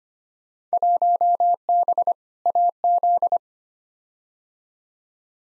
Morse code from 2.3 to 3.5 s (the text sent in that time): AZ